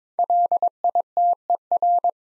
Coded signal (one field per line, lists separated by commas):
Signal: Morse code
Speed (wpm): 22 wpm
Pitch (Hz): 700 Hz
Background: none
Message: LITER